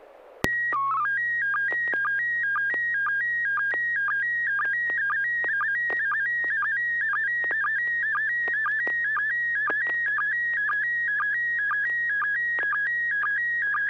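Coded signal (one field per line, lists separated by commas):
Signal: SSTV (slow-scan television)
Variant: PD 120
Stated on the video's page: SSTV net on an FM repeater at 441.300 MHz, Sacramento, using MMSSTV.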